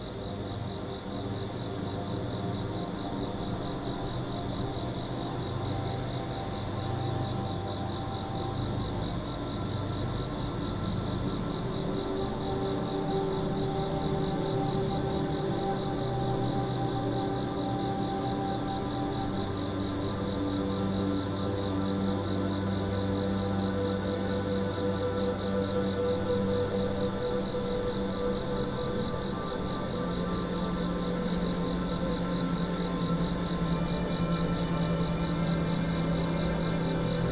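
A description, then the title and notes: Crickets chirp outside in a steady, unbroken high trill that holds at one pitch for the whole stretch. Underneath, a low droning hum shifts slowly in pitch, like traffic or machinery, and stays constant in loudness throughout. Sounds of Crickets Outside.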